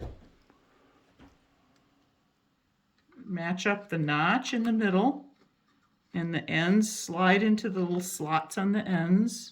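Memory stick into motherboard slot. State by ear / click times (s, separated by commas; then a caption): not seated / none. A second memory stick is picked up and lined up with the notch of the motherboard slot before being pushed in. Only faint handling taps are heard, then someone talks. Nothing has seated or clicked yet.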